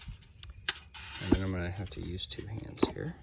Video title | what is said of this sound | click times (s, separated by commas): Camp stove Brew at the Lake. | Oh, and it just snaps right in there. | 0.7 s